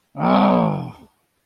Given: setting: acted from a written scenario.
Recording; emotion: vocal sound without words; anger